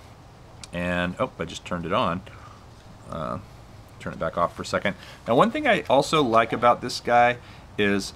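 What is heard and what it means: An already-charged battery pack is pushed back into its bay on the back of an Eachine E56 foldable selfie drone, against the connector, and seats with a short sharp click at 0.6 s. Someone talks through the rest of the clip.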